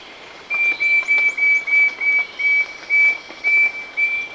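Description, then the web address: Wing-banded Wren giving a series of about ten short, pure whistled notes at one steady high pitch. Recorded in Ecuador. "Natures Songs S America Birds of Ecuador wing-banded Wren"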